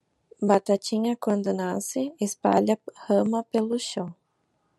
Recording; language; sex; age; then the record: short text; Brazilian Portuguese; female; 20 to 29 years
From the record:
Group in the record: control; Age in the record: 21 years